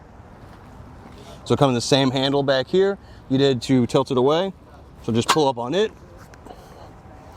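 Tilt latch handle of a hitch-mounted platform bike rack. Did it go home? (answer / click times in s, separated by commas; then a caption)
yes / 6.3 s. Someone talks while pulling up on the metal tilt handle of a Thule T2 Pro XTR 4-bike hitch-mounted platform rack and folding the rack up toward the vehicle. The tilt latch handle snaps into its locked, stowed position with a short click at 6.3 s.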